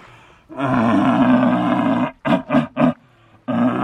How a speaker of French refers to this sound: T'as le cerf qui brame. Oui. Le cerf qui brame classique.